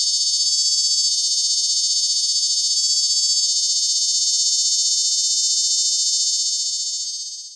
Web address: 100 th meridian cicadas songs. US AZ. Cornuplura nigroalbata fragment